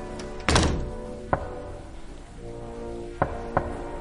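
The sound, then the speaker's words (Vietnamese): Several dull, hollow knocks on a door with uneven gaps between them: a heavy first thump, then a single knock, then a quick pair near the end. A low hum runs underneath, and no one speaks. “nhưng mà bỗng nhiên chị nghe có tiếng gõ cửa. Tiếng gõ cửa cứ vang lên như vậy. Cộc, cộc, cộc.”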